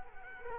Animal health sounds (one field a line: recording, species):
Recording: mosquito wingbeat signal from an infrared sensor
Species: Culex quinquefasciatus